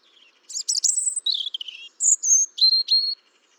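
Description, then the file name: European robin delivering a varied song phrase: a soft opening note, jumbled rapid trills, then clear sustained high whistles with sharp downward flicks. "Erithacus rubecula"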